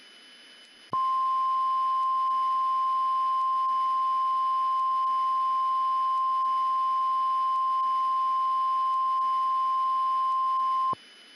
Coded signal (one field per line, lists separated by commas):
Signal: Emergency Alert System (SAME) tones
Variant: 1050 Hz attention tone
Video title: Tornado warning EAS 1 - arapwhore County, cryaondo